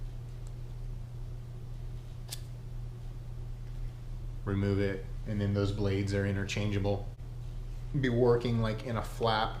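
A retractor blade is released from its retractor frame by pressing the tabs. A sharp click is heard at 2.3 s as the blade comes off. Someone then talks.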